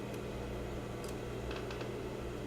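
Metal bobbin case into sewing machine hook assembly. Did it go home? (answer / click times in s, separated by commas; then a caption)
no / none. A bobbin in its metal bobbin case is handled at the sewing machine's hook assembly against a steady low hum, with a few faint brief ticks. The case is not yet pushed home, and nothing has seated or clicked yet.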